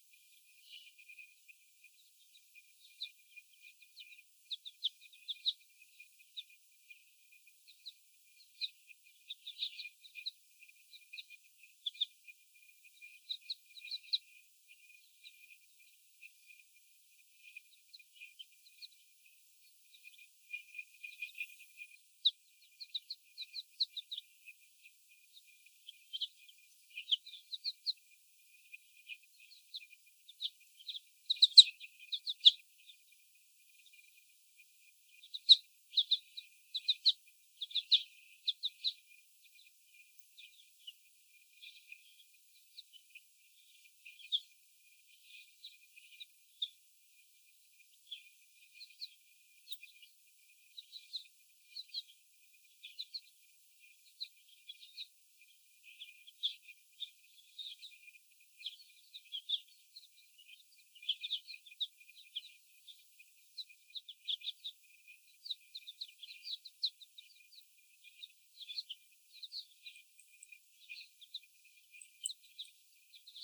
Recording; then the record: young laying hens in a cage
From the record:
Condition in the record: before the stressor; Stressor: sudden umbrella opening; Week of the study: 1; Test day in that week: 1